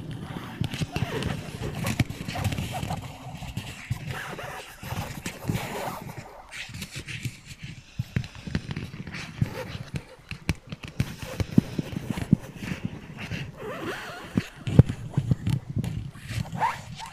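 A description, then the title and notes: Soft tapping and rustling sounds continue through the clip, with a steady low rumble underneath and bursts of quick clicks and knocks throughout. Brief sharper taps stand out around 11 and 15 seconds, and faint breathing-like sounds come and go. NO TALKING OR WHISPERING.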